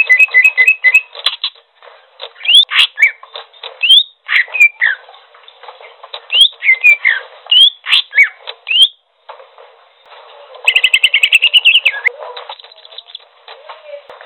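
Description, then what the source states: Greater green leafbird producing varied whistled phrases and chirps, a pause, then a fast, rattling trill lasting about a second before quieter notes. Song described as gacor.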